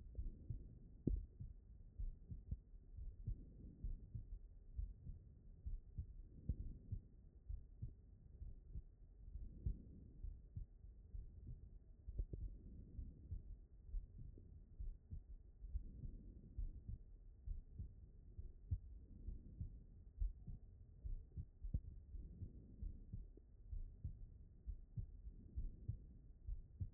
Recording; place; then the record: heart sounds by stethoscope; aortic valve (AV)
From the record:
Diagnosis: non-HFrEF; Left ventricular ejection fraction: 58%